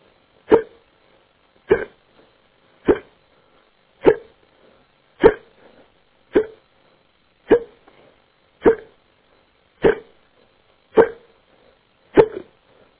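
A man hiccups eleven times at a steady pace, one short, sharp, gulping hiccup about every 1.2 seconds (roughly 50 a minute), with quiet gaps between them. The sound is tinny and narrow, as heard over a phone line, and otherwise quiet.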